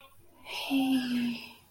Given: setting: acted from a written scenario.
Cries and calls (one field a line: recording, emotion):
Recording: vocal sound without words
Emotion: romantic love